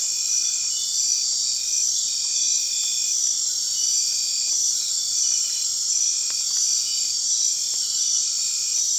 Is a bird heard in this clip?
no